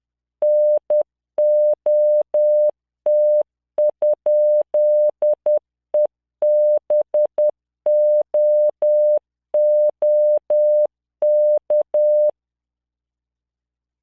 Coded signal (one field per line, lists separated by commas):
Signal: Morse code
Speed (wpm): 10 wpm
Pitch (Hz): 600 Hz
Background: none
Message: NOT?EBOOK